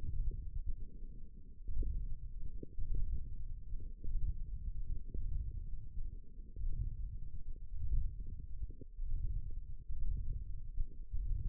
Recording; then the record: forearm muscle sounds (acoustic myography)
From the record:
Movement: ulnar deviation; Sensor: system 1, eight BSWA MPA416 microphones around the upper forearm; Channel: 3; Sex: female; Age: 22 years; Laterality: right